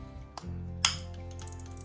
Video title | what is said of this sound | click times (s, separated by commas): Beginner Fly Fishing - Fly Reels Explained | Um and then it should just clip into place. | 0.9 s